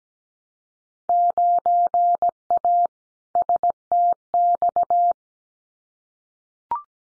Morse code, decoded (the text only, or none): 9A STX